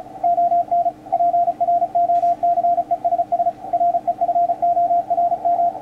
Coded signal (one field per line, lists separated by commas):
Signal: Morse code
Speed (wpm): 34 wpm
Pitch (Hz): 700 Hz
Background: radio noise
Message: ON PROCESS REFORM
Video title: Yaesu FT-450D HIGH Speed CW Practice? WPM 35